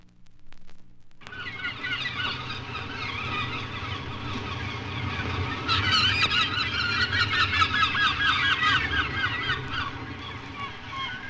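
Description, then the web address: Gulls calling, a dense chorus of harsh, overlapping cries that starts abruptly after a second of quiet and grows busier midway, over a steady low rumble. "sea gulls"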